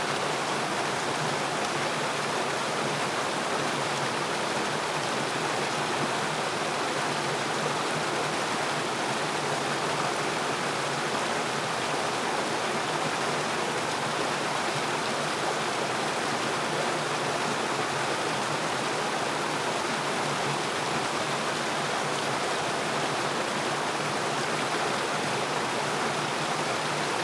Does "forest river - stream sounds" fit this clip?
yes